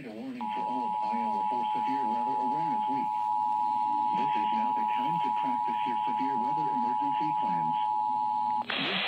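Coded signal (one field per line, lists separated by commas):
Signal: Emergency Alert System (SAME) tones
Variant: 853 and 960 Hz attention tone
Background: speech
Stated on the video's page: Test tornado watch and warning drill alerts from the 2018 Iowa Severe Weather Awareness Week, received on TV and radio.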